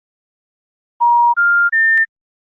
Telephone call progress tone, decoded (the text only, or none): special information tone